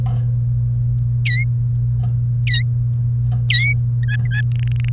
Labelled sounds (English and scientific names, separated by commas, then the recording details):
Domestic Canary (Serinus canaria) song
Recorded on 1 May 2018 at 08:36
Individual llb3